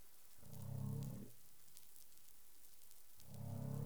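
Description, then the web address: Humpback whale calls: two low, tonal moaning units, the second cut off at the end, over steady underwater hiss. Caribbean waters, 20 April 2021 at 04:08 UTC. "CARIMAM clean data humpback whale 20210420 040842 UTC"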